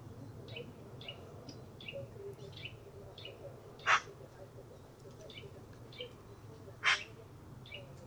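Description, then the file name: Eurasian magpie giving two loud, rasping calls three seconds apart, while other small birds chirp softly and repeatedly in the background. "Pica pica"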